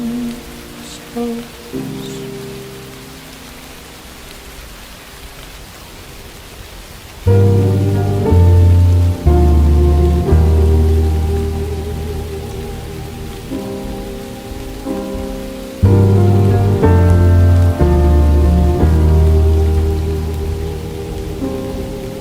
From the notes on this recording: Farm academia atmosphere with rain